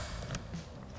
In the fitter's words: We're going to connect the connector for the window switch, lock it in, and